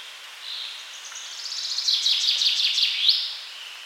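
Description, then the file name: Common chaffinch song: a faint start, then a bright trilled phrase that builds to a sharp note at the end. "Fringilla coelebs"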